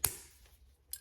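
Pliers push a quick-splice connector's door down its last notch on a Jeep Gladiator job, so the metal blade contacts both wires. A sharp click comes at 0.1 s as the connector snaps fully closed and seats, followed by fainter ticks near 0.9 and 1.0 s.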